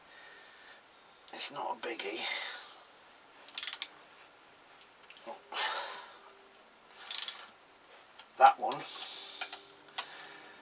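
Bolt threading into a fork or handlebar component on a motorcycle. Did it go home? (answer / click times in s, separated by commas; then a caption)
no / 9.4 s, 9.5 s, 10.0 s. A bolt is tightened into a fork or handlebar component on the front end of a Kawasaki GPZ500S motorcycle, with ticking, ratchet-like sounds at about 3.6, 3.8 and 7.1 seconds as someone talks. Sharp clicks at 9.4, 9.5 and 10.0 seconds mark the bolt thread stripping out as it is tightened, so a helicoil is to be fitted.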